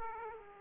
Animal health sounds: mosquito wingbeat signal from an infrared sensor; Aedes aegypti

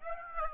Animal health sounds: mosquito wingbeat signal from an infrared sensor; Aedes albopictus

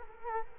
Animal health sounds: mosquito wingbeat signal from an infrared sensor; Culex quinquefasciatus

